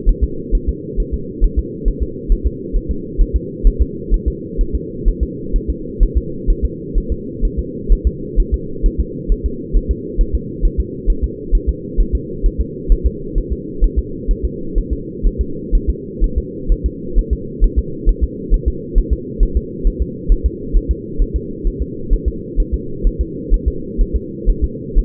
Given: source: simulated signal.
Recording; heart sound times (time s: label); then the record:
fetal heart sounds
0.09 s: S1
0.24 s: S2
0.55 s: S1
0.69 s: S2
1.00 s: S1
1.14 s: S2
1.44 s: S1
1.59 s: S2
1.88 s: S1
2.03 s: S2
2.32 s: S1
2.47 s: S2
2.76 s: S1
2.91 s: S2
3.21 s: S1
3.36 s: S2
3.67 s: S1
3.81 s: S2
4.14 s: S1
4.28 s: S2
4.61 s: S1
4.75 s: S2
5.08 s: S1
5.23 s: S2
5.56 s: S1
5.70 s: S2
6.03 s: S1
6.17 s: S2
6.50 s: S1
6.65 s: S2
6.98 s: S1
7.12 s: S2
7.45 s: S1
7.59 s: S2
7.92 s: S1
8.07 s: S2
8.40 s: S1
8.54 s: S2
8.86 s: S1
9.00 s: S2
9.32 s: S1
9.46 s: S2
9.77 s: S1
9.91 s: S2
10.21 s: S1
10.35 s: S2
10.65 s: S1
10.80 s: S2
11.10 s: S1
11.24 s: S2
11.55 s: S1
11.69 s: S2
12.00 s: S1
12.15 s: S2
12.46 s: S1
12.61 s: S2
12.92 s: S1
13.06 s: S2
13.38 s: S1
13.52 s: S2
13.84 s: S1
13.99 s: S2
14.31 s: S1
14.45 s: S2
14.78 s: S1
14.93 s: S2
15.26 s: S1
15.41 s: S2
15.75 s: S1
15.90 s: S2
16.24 s: S1
16.38 s: S2
16.72 s: S1
16.86 s: S2
17.19 s: S1
17.33 s: S2
17.64 s: S1
17.78 s: S2
18.09 s: S1
18.23 s: S2
18.54 s: S1
18.68 s: S2
18.98 s: S1
19.13 s: S2
19.43 s: S1
19.57 s: S2
19.87 s: S1
20.02 s: S2
20.32 s: S1
20.46 s: S2
20.77 s: S1
20.91 s: S2
21.22 s: S1
21.36 s: S2
21.67 s: S1
21.82 s: S2
22.13 s: S1
22.28 s: S2
22.60 s: S1
22.74 s: S2
23.07 s: S1
23.21 s: S2
23.54 s: S1
23.68 s: S2
24.01 s: S1
24.16 s: S2
24.50 s: S1
24.64 s: S2
24.98 s: S1
From the record:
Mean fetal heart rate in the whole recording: 130 bpm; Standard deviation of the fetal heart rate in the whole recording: 4 bpm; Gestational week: 38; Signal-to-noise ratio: -4.3 dB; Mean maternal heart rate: 72 bpm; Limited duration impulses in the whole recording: absent